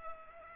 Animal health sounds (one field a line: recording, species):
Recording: mosquito wingbeat signal from an infrared sensor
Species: Culex pipiens